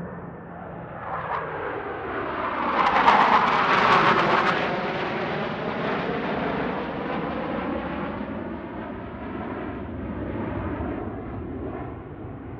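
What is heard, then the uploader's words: A jet passes overhead with a continuous booming rumble that swells to its loudest and brightest around three to four seconds in, a screaming whine sliding downward as it goes by. The roar then settles into a steady, lower drone that lingers to the end. Blue Angels F/A-18 Hornet Passby. The Blue Angels practice strafing runs over Lake Washington for two days. The air is filled with screaming jets, continuous booming rumble. Recorder: SD702 mid-side configuration mid: MKH8060 side: MKH30.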